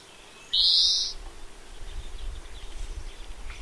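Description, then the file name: European greenfinch giving a single loud, buzzy, drawn-out wheeze lasting about half a second, followed by quiet background with faint chirps. "Chloris chloris"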